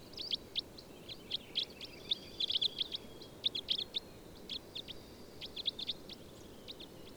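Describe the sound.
Bird chirping: high, clipped notes in short irregular clusters, with a faint thin whistle in the background and a soft steady hiss throughout.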